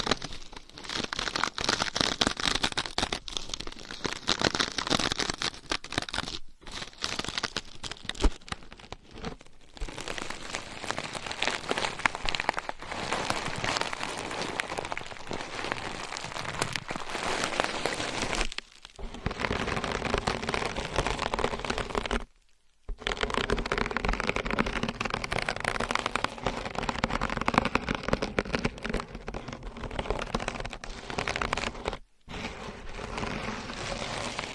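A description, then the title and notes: Scratching and tapping with nails and different items make a dense, crackly rustle that runs almost without pause. The texture is bright and gritty, shifting in places, with brief silent gaps near 7, 19, 22 and 32 seconds. ASMR Deep Ear Attention Scratching , Tapping & Massage with Different Items & Nails No Talking.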